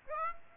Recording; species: mosquito wingbeat signal from an infrared sensor; Aedes aegypti